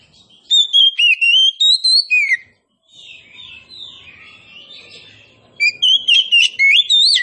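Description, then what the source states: Oriental magpie-robin song of long, smooth rising whistles and sharp notes, a muted warbling pause, then a vigorous fresh burst. Indonesian kacer poci, described as gacor, meaning singing vigorously and continuously.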